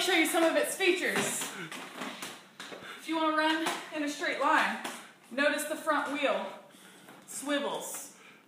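Someone talks over a jogging stroller's front wheel, which swivels freely, while the swivel lock lever on that front wheel is being handled so it can be flipped up to stop the wheel swivelling. Two brief soft knocks come near 1.7 s and 2.6 s among the talk. Nothing has seated or clicked yet.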